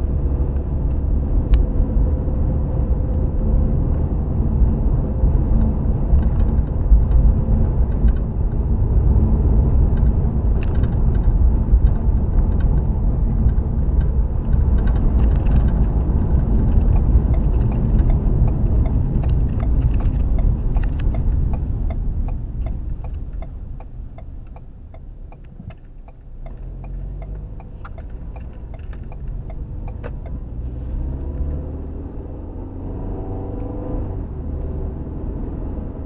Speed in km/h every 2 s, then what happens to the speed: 48, 55, 60, 61, 61, 61, 61, 58, 48, 37, 26, 13, 8, 13, 19, 31, 39, 48.
0-5 speeds up to 61. 5-14 steady at about 61. 14-24 brakes to 8. 24-36 speeds up to 48.